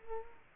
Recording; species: mosquito wingbeat signal from an infrared sensor; Culex quinquefasciatus